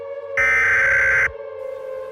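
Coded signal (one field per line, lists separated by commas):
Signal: Emergency Alert System (SAME) tones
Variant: header bursts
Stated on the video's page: Fictional EAS scenario with custom display font.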